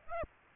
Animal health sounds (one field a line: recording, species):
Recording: mosquito wingbeat signal from an infrared sensor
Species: Aedes aegypti